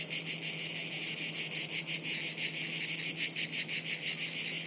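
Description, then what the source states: Cicada chorus, a steady high-pitched rasping buzz beating quickly, with a faint low hum underneath. Chorus of cicadas high in trees overhead, woods near Sirolo, Italy, hot afternoon, August 23.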